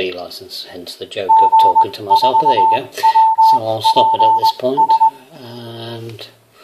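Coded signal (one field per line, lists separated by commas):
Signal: Morse code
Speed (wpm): 20 wpm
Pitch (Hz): 890 Hz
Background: speech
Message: G4WPS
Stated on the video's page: Morse generated by an Android teaching application based on a PC Morse teaching program, test recording.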